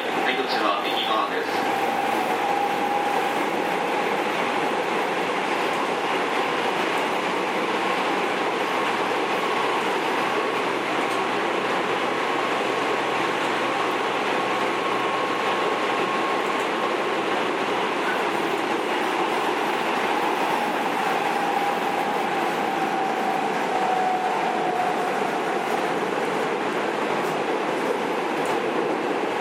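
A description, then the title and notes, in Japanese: A JR 207 series train runs between Kyobashi and Takarazuka, its rolling noise a dense, steady roar that holds level for the whole stretch. A faint tone drifts slightly in pitch through the middle and again near the twenty-second mark, with low rumble underneath. JR207系 京橋〜宝塚。JR東西線、宝塚線の区間で録音しました。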